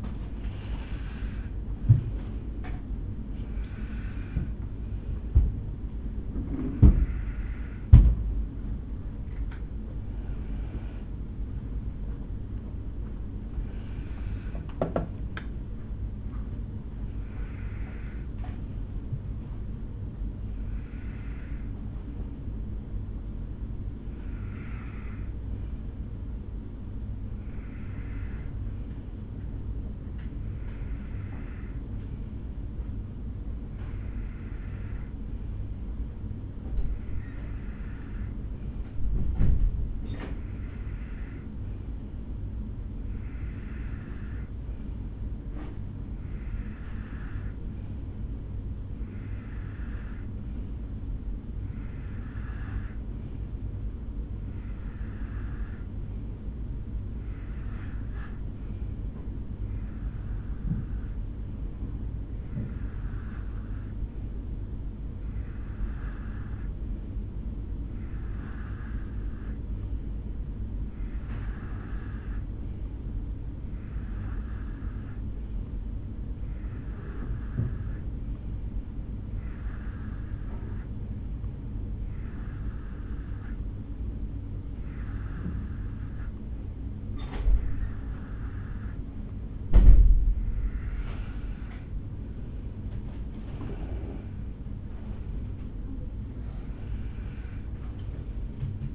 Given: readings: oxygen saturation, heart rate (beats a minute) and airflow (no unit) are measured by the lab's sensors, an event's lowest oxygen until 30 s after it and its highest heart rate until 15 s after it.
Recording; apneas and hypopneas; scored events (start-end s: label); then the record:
breathing in sleep by a smartphone at the bedside; 1
12.00-42.00 s: new sleep stage, N1 (lightest sleep)
32.00-89.40 s: hypopnea (N1, oxygen 94% highest, then 90% lowest, heart rate 61 at the start, 70 highest)
42.00-98.95 s: new sleep stage, N2 (light sleep)
From the record:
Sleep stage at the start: N2 (light sleep); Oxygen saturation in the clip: 89 to 94%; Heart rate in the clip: 58 to 70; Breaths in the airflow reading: 33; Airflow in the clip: -5.6 to 5.8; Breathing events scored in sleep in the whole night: 449 in 7.0 hours asleep